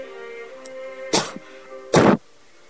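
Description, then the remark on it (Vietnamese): Two soft, breathy coughs from a man bending forward, about a second apart, the second slightly louder and longer, over a faint, steady humming tone in the background. “Y vòng tay, khom người khẽ ho một trận, rồi ngồi thẳng người”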